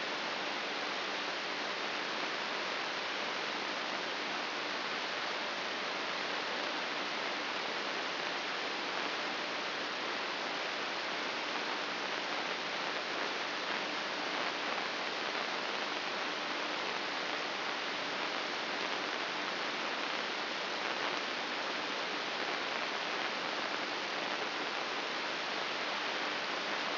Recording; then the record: brain microelectrode recording played as sound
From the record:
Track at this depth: inside the subthalamic nucleus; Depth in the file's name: 6.416 mm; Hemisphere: left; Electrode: 2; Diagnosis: Parkinson's disease